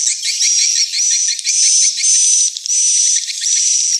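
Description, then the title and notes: Swiftlet calls of rapid ticking chirps under a repeated high whistled note, the chorus pausing briefly about every second. Swiftlet house lure sound, Tien Giang, Vietnam. "Am thanh nha yen Akau Vietnam - Tien giang. Những âm thanh chim yến thuộc thương hiệu AKAU"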